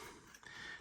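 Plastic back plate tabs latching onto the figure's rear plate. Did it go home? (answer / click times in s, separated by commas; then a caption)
partly / 0.3 s, 0.5 s. The plastic back plate tabs of an SM-01 Shark Maniac transforming figure are wrapped around and pressed to latch onto the figure's rear plate, giving two small clicks at about 0.4 and 0.5 seconds over a low background hiss. The tabs latch in only partly and the fit is a bit loose.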